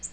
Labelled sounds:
Nashville Warbler flight call

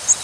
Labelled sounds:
Bay-breasted Warbler flight call

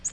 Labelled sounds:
Nashville Warbler flight call

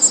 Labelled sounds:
Black-and-white Warbler flight call

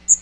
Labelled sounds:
Magnolia Warbler flight call

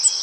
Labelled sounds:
Cape May Warbler flight call

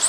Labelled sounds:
Blue-winged Warbler flight call

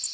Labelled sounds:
Tennessee Warbler flight call

